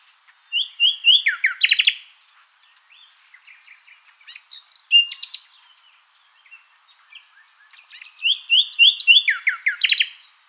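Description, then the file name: Common nightingale singing three loud phrases separated by quieter notes; the first and last build from repeated whistled notes into a fast rattle of sharp notes. "Luscinia megarhynchos"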